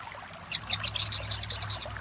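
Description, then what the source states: Little spiderhunter song: after a brief quiet start, a fast run of sharp, very high chipping notes, with a faint low hum beneath. Master recording used for training cage birds.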